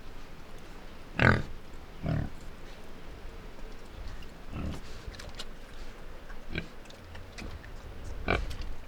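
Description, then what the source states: Pig grunts, several loud rough bursts at irregular intervals with quieter snuffling between them. Two pigs grunting and squealing by the river at Iruya, Northwest Argentina.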